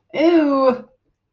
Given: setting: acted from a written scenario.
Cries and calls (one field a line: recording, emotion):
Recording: vocal sound without words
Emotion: disgust